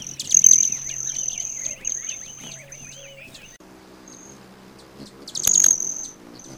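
Broad-tailed hummingbird producing a thin, high metallic trill in bursts, with other small birds twittering softly in the background.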